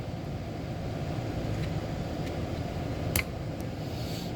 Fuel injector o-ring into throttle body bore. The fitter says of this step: pops into place nice and tight